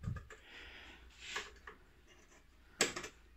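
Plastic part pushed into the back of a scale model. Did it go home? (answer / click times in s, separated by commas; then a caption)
yes / 2.8 s. A second plastic part is pushed down with a screwdriver into the back of a scale model. After some faint scraping and small ticks, it snaps into place with a loud click at 2.8 seconds and is confirmed seated.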